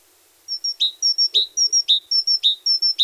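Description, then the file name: Great tit song, a bright repeated triplet of two high notes and one lower slurred note, given steadily about twice a second. "Parus major"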